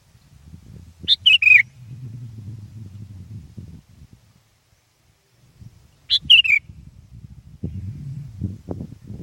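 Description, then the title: Sooty-headed bulbul: two brief chortled phrases of three falling notes, about five seconds apart, over low background rumble. "kutilang"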